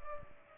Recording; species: mosquito wingbeat signal from an infrared sensor; Culex pipiens